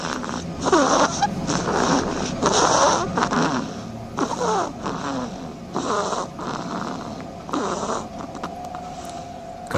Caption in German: Eine schnarchende Haselmaus.